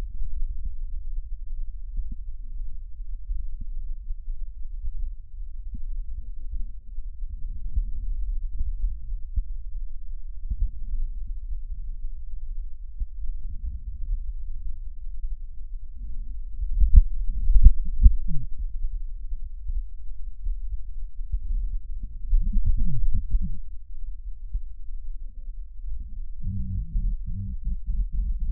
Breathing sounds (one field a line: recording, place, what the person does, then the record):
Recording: lung sounds by stethoscope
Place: right posterior basal chest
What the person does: quiet breathing, then cough and speech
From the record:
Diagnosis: COPD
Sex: female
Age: 72 years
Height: 156 cm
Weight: 72 kg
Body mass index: 29.6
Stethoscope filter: bell mode